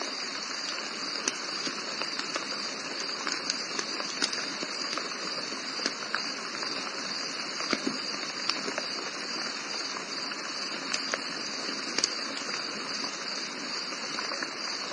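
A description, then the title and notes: Rain falls steadily at night, a dense, even patter with a bright hiss across the top that never lets up. Sharper drips and taps stand out every second or two, with a few louder knocks near eight and twelve seconds. The rain at night.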